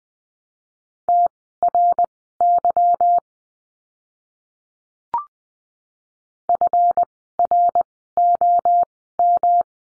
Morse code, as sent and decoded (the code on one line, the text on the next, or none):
- .-. -.-- / ..-. .-. --- --
TRY FROM